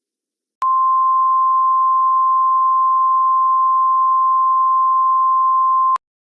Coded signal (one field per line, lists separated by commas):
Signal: Emergency Alert System (SAME) tones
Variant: 1050 Hz attention tone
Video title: EAS Scenario: True Origin